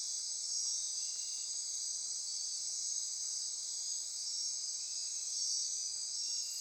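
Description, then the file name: Insect chorus, steady piercing high trills blending into one constant ringing buzz. Insect chorus recorded at midnight near Corcovado. "Wind-is-the-Original-Radio-Fridays 20240628 Andy-Martin Midnight-Insect-Chorus-Near-Corcovado"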